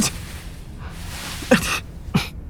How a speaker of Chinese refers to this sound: 然后许少卿打开性能卓越的空调，一阵风吹得安里打了个喷嚏，于是许少卿关小了些。